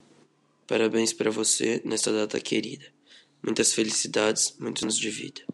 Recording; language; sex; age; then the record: short text; Brazilian Portuguese; male; 50 to 59 years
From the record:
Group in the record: control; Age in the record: 50 years